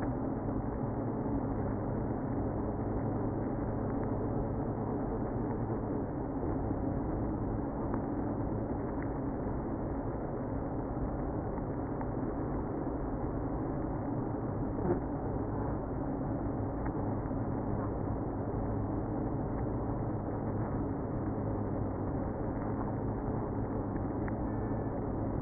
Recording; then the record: honeybee colony, microphone inside the hive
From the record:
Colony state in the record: queenless (queen removed); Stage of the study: after two queens were removed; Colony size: about 60,000 bees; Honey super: yes